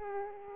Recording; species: mosquito wingbeat signal from an infrared sensor; Aedes aegypti